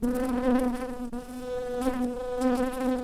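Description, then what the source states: Shrill carder bee buzzing: a steady, rich droning hum that stays level and continuous throughout, with slight swells in loudness. Workers.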